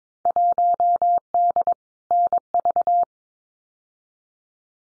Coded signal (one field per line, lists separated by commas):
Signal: Morse code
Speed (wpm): 22 wpm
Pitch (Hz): 700 Hz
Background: none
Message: 1D NV